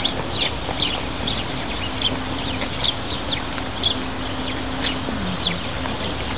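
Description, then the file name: Bird chirps, brief sharp high notes repeated irregularly over a constant low droning hum. "VOGEL"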